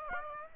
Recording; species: mosquito wingbeat signal from an infrared sensor; Aedes aegypti